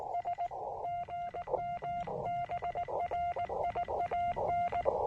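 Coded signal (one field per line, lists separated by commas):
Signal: Morse code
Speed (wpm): 18 wpm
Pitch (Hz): 710 Hz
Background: none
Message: S GM BRIAN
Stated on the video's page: Portable Parks on the Air activation using a Yaesu FT-817ND, end-fed half-wave antenna and Begali Traveler key, with power lines nearby.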